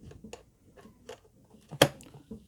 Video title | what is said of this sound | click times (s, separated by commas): Episode 2 - How to remove service and rebuild diffs on Losi DBXL - Workshop Series | Feel it click home. | 1.8 s